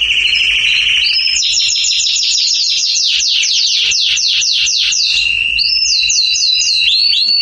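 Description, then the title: Belgian canary song, loud and continuous: a steady high whistle, then fast rolling trills of rapid sweeping notes, ending in short repeated phrases. "Canario Belga. Salsa Cantando Disparado"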